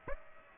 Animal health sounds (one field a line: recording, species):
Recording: mosquito wingbeat signal from an infrared sensor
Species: Aedes aegypti